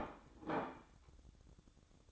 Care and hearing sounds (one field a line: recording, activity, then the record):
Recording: daily activity, microphone in the room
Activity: place plate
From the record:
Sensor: 3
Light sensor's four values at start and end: 9/20/8/8 and 8/20/8/8